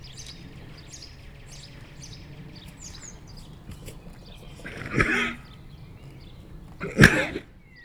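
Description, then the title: Horse snorting, two broad noisy bursts a couple of seconds apart, with birds chirping in the background. Mare with a cold, one of two mares in a pasture, with near and distant birds; Chindrieux, France. "195 Rue de Vars, Chindrieux, France - Jument enrhumée"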